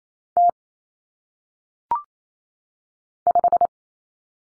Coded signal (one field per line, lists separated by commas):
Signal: Morse code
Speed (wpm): 28 wpm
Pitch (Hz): 700 Hz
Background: none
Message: T 5